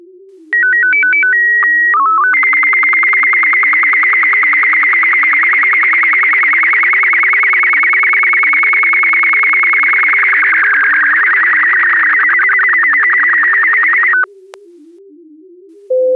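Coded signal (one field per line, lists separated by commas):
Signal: SSTV (slow-scan television)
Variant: B&W 12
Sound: short stepping tone melody, steady calibration tone with click, chirpy data, then twelve seconds of buzzing scan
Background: faint low steady tone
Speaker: volg nu het is is tv kluisje 212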